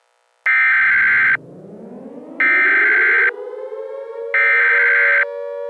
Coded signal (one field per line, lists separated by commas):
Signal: Emergency Alert System (SAME) tones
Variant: header bursts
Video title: EAS scenario #4 jimi.exe II the nation is under attack!